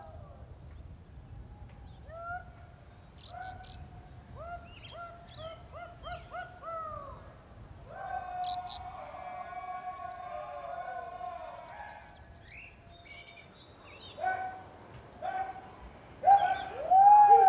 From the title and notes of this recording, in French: En Terre de Feu, à la pointe australe du continent américain. La plaine et la forêt s'étendent à perte de vue. Les bergers sillonnent les champs en hurlant pour pousser les moutons vers la ferme centrale. À cheval, à pied, avec leur chiens, ils avancent sur une ligne invisible, se repérant à leurs cris respectifs. Réalisation : Félix Blume.